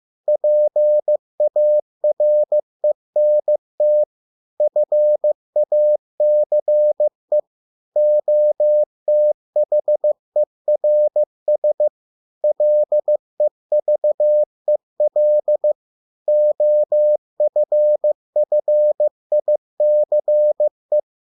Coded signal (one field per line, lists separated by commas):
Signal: Morse code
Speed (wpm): 15 wpm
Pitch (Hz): 600 Hz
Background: none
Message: PARENT FACE OTHERS LEVEL OFFICE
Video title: 100 words 15 WPM (Morse code practice)